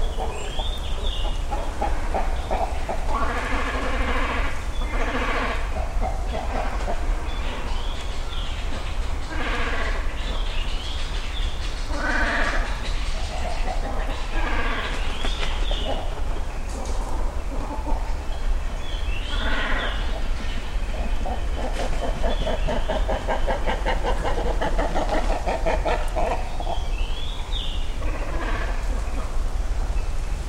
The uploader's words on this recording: Great Cormorants (カワウ) nesting high in trees along Yasugawa (river) in Ritto City, Shiga Prefecture, Japan. This recording was made with a Sony PCM-M10 recorder and a pair of small omnidirectional mics tied to a tree.